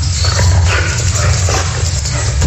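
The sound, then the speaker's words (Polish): Two dogs, Tosia and Bubu, play together three years after a transplant, letting out bursts of barking mixed with whiny whimpers over a steady, loud low rumble of background noise, with no one speaking. “To, co państwo słyszą, to zabawa Tosi i Bubu.”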